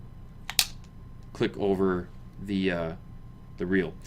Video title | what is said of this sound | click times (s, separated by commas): What REEL to Choose for ICE Fishing? | you do that then it's locked into place | 0.6 s